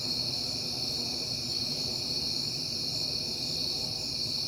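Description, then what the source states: Steady high-pitched cricket chirping forms a continuous wall of sound over a quiet low-frequency rumble. Crickets on a peaceful night in September.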